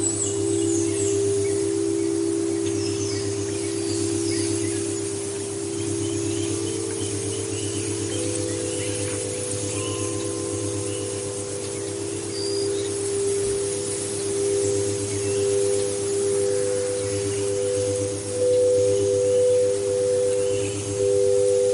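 Singing bowls ring out in long, steady tones over a light breeze, their pitches layered and sustained for the full stretch. A second tone joins around the eighth second, and soft pulsing shimmer rises and fades. A faint airy hiss stays constant underneath.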